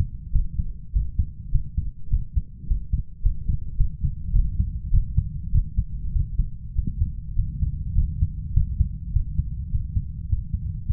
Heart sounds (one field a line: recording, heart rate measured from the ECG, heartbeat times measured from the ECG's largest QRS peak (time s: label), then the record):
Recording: heart sounds by stethoscope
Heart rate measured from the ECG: 103 bpm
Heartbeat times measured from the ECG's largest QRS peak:
0.32 s: heartbeat
0.92 s: heartbeat
1.51 s: heartbeat
2.10 s: heartbeat
2.67 s: heartbeat
3.22 s: heartbeat
3.77 s: heartbeat
4.33 s: heartbeat
4.91 s: heartbeat
5.52 s: heartbeat
6.12 s: heartbeat
6.75 s: heartbeat
7.35 s: heartbeat
7.95 s: heartbeat
8.53 s: heartbeat
9.12 s: heartbeat
9.70 s: heartbeat
10.28 s: heartbeat
10.85 s: heartbeat
From the record:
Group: healthy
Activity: Valsalva maneuver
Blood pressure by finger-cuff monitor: 125/76 mmHg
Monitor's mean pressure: 90 mmHg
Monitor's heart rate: 102 bpm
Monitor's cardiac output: 6.6 L/min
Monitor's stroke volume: 64 mL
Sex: male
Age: 22 years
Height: 181 cm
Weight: 60 kg